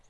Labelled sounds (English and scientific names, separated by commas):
Lucy's Warbler (Leiothlypis luciae) flight call